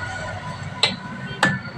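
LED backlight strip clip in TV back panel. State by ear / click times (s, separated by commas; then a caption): released / 0.8 s, 1.4 s. Two plastic locking notches holding an LED backlight strip in holes in the metal back panel of a Samsung 40-inch 3D LED TV are gently pressed and the strip is pulled free. Two sharp clicks are heard at 0.8 s and 1.4 s over a steady low background, and the clips pop out, releasing the strip.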